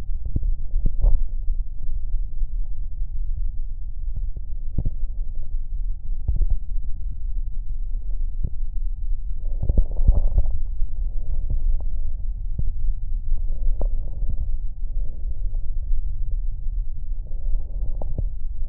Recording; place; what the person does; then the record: lung sounds by stethoscope; left posterior basal chest; quiet breathing, then deep breathing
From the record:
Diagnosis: COPD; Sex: male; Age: 85 years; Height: 183 cm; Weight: 88 kg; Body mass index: 26.3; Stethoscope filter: extended mode